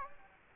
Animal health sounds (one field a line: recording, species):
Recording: mosquito wingbeat signal from an infrared sensor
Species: Anopheles gambiae